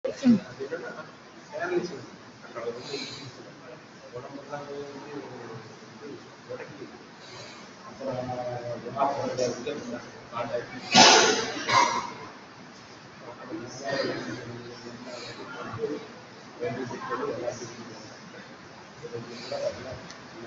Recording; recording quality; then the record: deep breathing; moderate, slight background noise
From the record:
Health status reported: COVID-19 positive, mild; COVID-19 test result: positive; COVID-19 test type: RT-PCR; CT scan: not taken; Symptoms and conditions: cough, cold, fever, fatigue, muscle pain, loss of smell and taste, hypertension, diabetes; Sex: male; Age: 64 years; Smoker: no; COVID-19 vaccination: both doses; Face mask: worn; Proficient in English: yes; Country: India